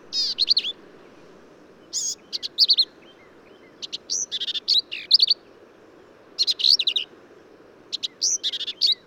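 Black-capped vireo song: rapid bursts of high, scratchy, warbled notes with sweeping slurs, delivered in quick phrases separated by brief pauses, with faint background hum.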